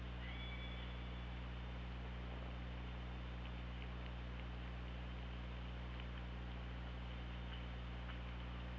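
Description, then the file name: Killer whale call: a short, high, steady whistled tone with a fainter lower harmonic near the start, followed by faint pulsed clicks over a constant low underwater hum. Recorded on the OrcaLab hydrophone on 24 August 2017. "Orca Lab UTLN JASON 20170824"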